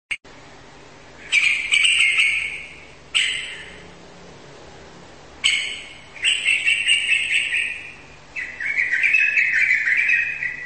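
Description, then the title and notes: Bird delivering short bursts of bright, chattering song separated by brief pauses, the later phrases longer and trilled, with a faint low hum beneath. Chirping song. "Bird Sound. Kicau Burung"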